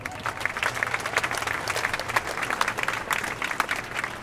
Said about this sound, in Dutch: Geef maar alsjeblieft een warm applaus.